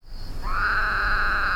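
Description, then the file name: Woodhouse's toad call: one drawn-out nasal note that rises early, then holds steady for about a second before stopping abruptly. A single call. "bwoodhousiisinglecall"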